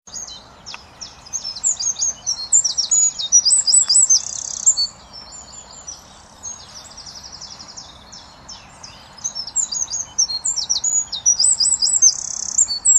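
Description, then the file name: Eurasian wren singing energetic songs of fast high trills and sharp notes, racing and chattering, loud at the start and end with a quieter stretch in the middle. "Troglodytes troglodytes"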